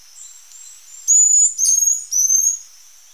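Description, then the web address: White-tailed tyrannulet call: a few faint high notes, then three loud, thin, slightly rising whistles in quick succession. Ecuador. "Birds of Ecuador White-tailed Tyrannulet"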